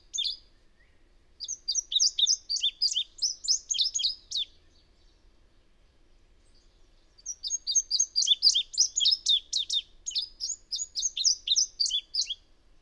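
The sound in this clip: Bird song in two long runs of rapid, high, jumbled chirps and twitters, separated by about three seconds of silence.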